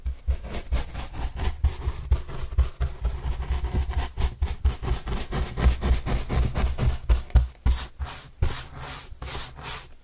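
Cardboard brushed in quick, irregular rough strokes, scratchy, with dense low rumble early and brighter hissy swipes toward the end.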